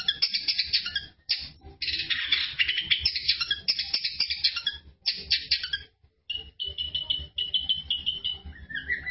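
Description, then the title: Long-tailed Shrike delivering dense, scratchy chattering phrases with short gaps, then a run of high even trills and a few lower whistled notes. "Cendet Pentet"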